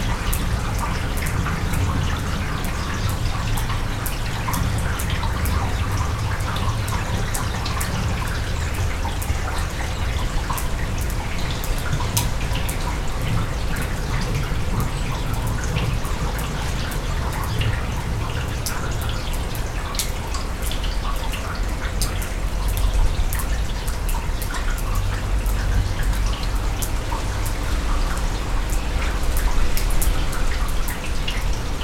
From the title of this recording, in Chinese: 冰雹轉晴